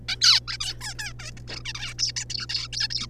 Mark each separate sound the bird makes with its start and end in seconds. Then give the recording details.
0.09-0.16, 0.21-0.40, 0.48-0.57, 0.60-1.13, 1.19-1.31, 1.37-1.39, 1.48-1.63, 1.65-1.73, 1.75-1.94, 1.99-2.12, 2.16-2.25, 2.30-2.46, 2.49-2.68, 2.73-2.88, 2.90-3.06. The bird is a juvenile. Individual R3549